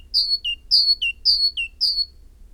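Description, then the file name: Great tit delivering loud, rhythmic two-note whistles, high note then low, repeated several times in a regular pattern. "Parus major"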